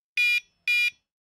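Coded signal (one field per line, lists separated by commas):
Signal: alarm pattern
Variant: Van Guardian van alarm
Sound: two short harsh buzzy beeps with a pause between them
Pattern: 2 short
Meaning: Alarm batteries need replacing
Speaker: batteries will need replacing if you hear er when the alarm is being armed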